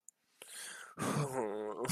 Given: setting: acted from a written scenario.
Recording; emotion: vocal sound without words; guilt